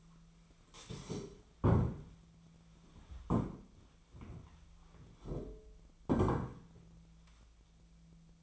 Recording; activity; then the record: daily activity, microphone in the room; stand up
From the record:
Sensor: 1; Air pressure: 1008.1 hPa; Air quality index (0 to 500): 192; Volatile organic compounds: 17 ppm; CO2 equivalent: 2597 ppm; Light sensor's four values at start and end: 14/36/14/16 and 13/34/14/15